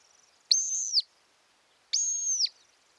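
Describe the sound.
Montagu's harrier calling twice, each a long, high, thin whistle that holds steady and drops briefly at the end, with a quiet pause between.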